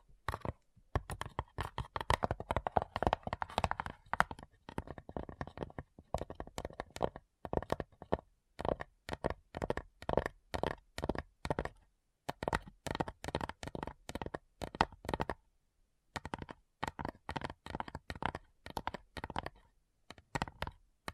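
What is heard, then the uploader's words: Addictive ASMR tapping: quick fingertip taps in dense bursts and rapid runs, broken by brief pauses, with a soft hollow knocking quality. ASMR Addictive Tapping. (No Talking).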